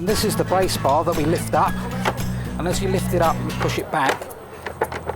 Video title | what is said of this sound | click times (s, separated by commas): How to Install a Car Seat | And as you lift it up, you push it back so it locks into place. | 4.8 s